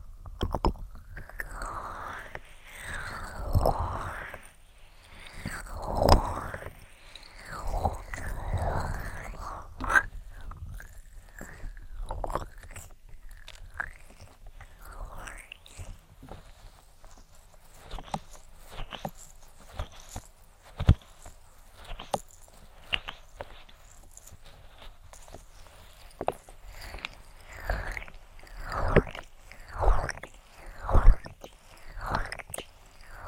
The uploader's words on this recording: ASMR INTENSE Ear Attention Triggers (Tapping, Rubbing, Cupping, Lotion, Latex).